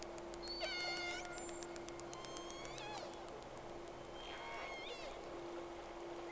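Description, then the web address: Whale giving high, wavering whistles with overtones, a few rising and falling sweeps over a steady low hum and hiss. Two whales, recorded 3 October 2006 at 11:30, recording round 1. "Sea Snake 10-3-06 Whales X 2 11-30 Round 1"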